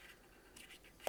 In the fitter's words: There you go, until it clips into place.